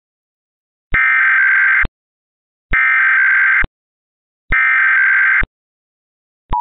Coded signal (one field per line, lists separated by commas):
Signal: Emergency Alert System (SAME) tones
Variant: header bursts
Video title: EAS Mock: EA Sports